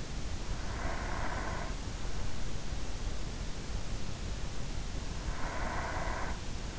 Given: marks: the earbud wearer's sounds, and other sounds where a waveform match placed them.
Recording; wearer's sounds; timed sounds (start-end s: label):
sounds in sleep by an in-ear microphone; breath
0.41-2.07 s: breath
5.38-6.79 s: breath